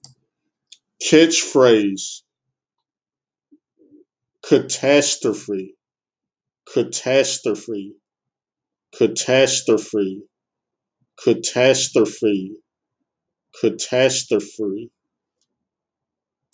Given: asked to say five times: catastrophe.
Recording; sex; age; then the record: repeated word; male; 40 to 49 years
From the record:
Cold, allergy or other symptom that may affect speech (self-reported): no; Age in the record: 44 years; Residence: Alabama, United States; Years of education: 18